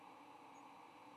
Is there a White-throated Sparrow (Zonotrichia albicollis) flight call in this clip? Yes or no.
no